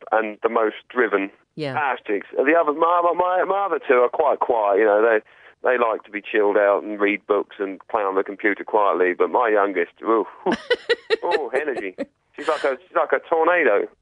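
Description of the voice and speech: Conversational speech from an adult man in the UK, a father of three living with Tourette's syndrome and an autism spectrum disorder, interrupted by an abrupt out-of-context interjected word ("ashtigs") and word repeats: involuntary Tourette vocal tics.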